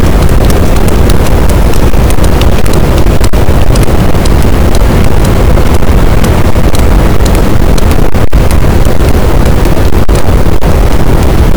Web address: Physeter Macrocephalus boat SNR 24 d B cachalot positif